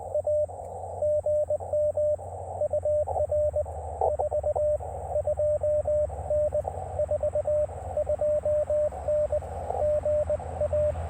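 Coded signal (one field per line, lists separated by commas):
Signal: Morse code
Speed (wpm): 21 wpm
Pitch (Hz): 560 Hz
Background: radio noise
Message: A GM UR 42N 42N GA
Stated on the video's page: CW Parks on the Air QRP activation using a 17-foot RandoWire portable antenna, with rapid contacts.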